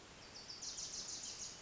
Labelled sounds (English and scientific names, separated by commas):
Wilson's Warbler (Cardellina pusilla)